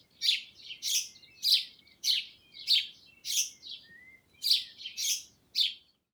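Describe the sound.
Sparrow chirps, bright repeated tweets in an irregular run of about ten notes, with one thin rising whistle near the middle.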